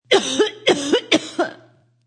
Female cough.